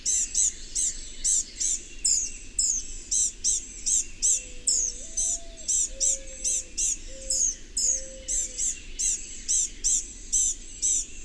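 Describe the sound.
Bird keeps up rapid high chirps throughout; midway a few lower, steady whistled tones sound briefly beneath them.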